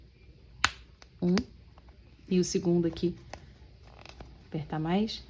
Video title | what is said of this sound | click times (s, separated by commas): WOLVERINE - Deadpool & Wolverine - aula 2/2 #amigurumi #deadpool #deadpool3 #deadpooledit | và bây giờ kéo để khóa nó lại, một trong hai chiếc đã được lắp và | 0.6 s